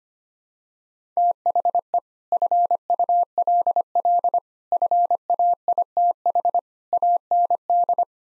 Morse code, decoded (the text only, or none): THE FULL FAITH AND